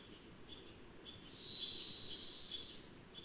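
Varied thrush song, a single long, even, slightly buzzy whistled note held over a second, with faint repeated high chips from another bird around it.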